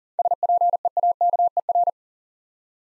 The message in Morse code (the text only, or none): SPEAKER